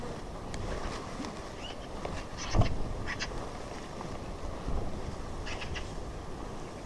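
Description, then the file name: Eurasian magpie harsh calls: a few short rasping, chattering bursts around the middle and again near the end, over a constant low rumbling background. "Pica pica"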